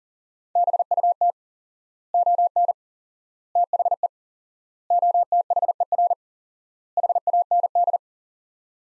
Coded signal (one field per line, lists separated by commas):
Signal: Morse code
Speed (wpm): 40 wpm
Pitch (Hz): 700 Hz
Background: none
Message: BUT ON THE OTHER HAND